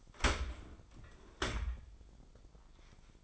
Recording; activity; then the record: daily activity, microphone in the room; open dishwasher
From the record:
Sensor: 5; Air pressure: 996.0 hPa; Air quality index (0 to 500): 102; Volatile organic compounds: 7 ppm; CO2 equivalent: 1976 ppm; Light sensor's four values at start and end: 41/97/40/43 and 41/98/41/43